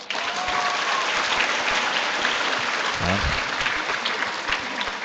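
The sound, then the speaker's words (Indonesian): Sustained audience applause for the KKN and PPL students, a dense steady wash of many hands clapping throughout, with a brief low murmur of voices partway through. “Jadi tepuk tangan untuk mereka.”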